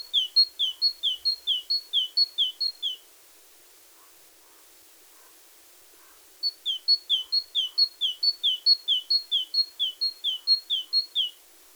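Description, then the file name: Great tit repeating a bright two-note see-saw phrase in two long strophes separated by a few seconds of quiet. "Parus major"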